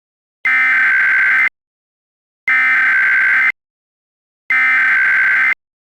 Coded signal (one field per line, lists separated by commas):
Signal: Emergency Alert System (SAME) tones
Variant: header bursts